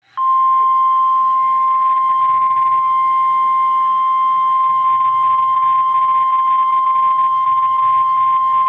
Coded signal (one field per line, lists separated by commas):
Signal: Emergency Alert System (SAME) tones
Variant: 1050 Hz attention tone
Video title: SVR EAS #73